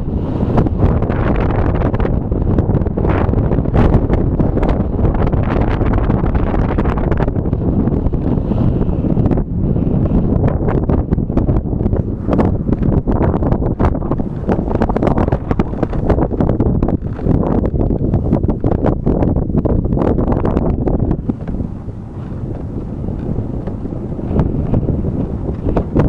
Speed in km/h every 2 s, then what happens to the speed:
28, 26, 25, 24, 21, 17, 14, 10, 9, 10, 12, 14, 14.
0-14 slows to 10. 14-26 steady at about 10.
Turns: none.